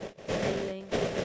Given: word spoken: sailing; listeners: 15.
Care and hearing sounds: one English word in noise, from a listening test; noise modulated by three-talker babble; -7.1 dB; 1 of 15; 6 of 15; 0.85 s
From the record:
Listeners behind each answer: 6, 4, 1, 1, 1, 1, 1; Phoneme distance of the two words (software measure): 10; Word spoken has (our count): 2 syllables, 5 phonemes, stress on syllable 1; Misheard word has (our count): 2 syllables, 5 phonemes, stress on syllable 1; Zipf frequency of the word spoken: 4.20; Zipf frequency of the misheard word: 4.29

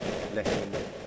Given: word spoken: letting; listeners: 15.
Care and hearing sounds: one English word in noise, from a listening test; noise modulated by three-talker babble; -4.9 dB; 2 of 15; 11 of 15; 0.67 s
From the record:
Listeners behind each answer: 11, 2, 1, 1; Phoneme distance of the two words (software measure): 27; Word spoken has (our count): 2 syllables, 5 phonemes, stress on syllable 1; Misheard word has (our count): 2 syllables, 4 phonemes, stress on syllable 1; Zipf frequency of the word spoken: 4.49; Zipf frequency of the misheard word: 4.46

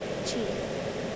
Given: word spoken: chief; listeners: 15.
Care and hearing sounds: one English word in noise, from a listening test; speech-shaped noise; -6.4 dB; 1 of 15; 9 of 15; 0.76 s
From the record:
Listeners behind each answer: 9, 3, 2, 1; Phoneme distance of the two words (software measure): 10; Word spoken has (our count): 1 syllable, 3 phonemes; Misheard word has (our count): 1 syllable, 3 phonemes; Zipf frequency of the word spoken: 4.79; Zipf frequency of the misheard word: 4.65

